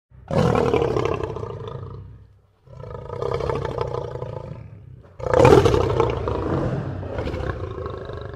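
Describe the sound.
Lion roar in three long rough bursts, the first and last loud at the start and fading, separated by short gaps.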